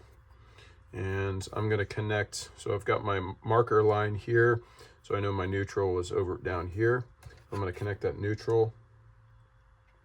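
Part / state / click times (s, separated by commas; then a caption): neutral wire connector onto vacuum motor terminal / not seated / none. A neutral wire's spade connector is being handled for reconnection to the vacuum motor terminal of a Riccar R25S during a cord replacement, with a marker line used to locate where the neutral goes. Someone talks throughout, with only faint background noise in the pauses. Nothing has seated or clicked yet; the clip ends just before the connector goes home.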